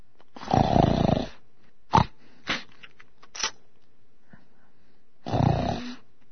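Two rough, low fluttering snores, each under a second, come about five seconds apart, with soft clicks and short breathy noises between them. This is ordinary snoring, a sound effect.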